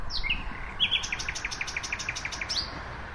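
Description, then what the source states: Common Nightingale phrase: a whistle and short sweeps, then a quick series of repeated pulsed notes, ending with a sharp high note. Male singing at night in early spring in Berlin's Tiergarten near oak trees, just arrived from West Africa, getting his chops up for the mating season; will fly on to Scandinavia, wintering in West Africa.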